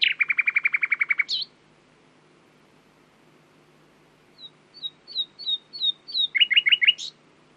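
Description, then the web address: Common nightingale song: a rapid rattling series of identical notes, a pause, then soft whistled notes building into a quick repeated phrase. "owen Common Nightingale (Luscinia megarhynchos)"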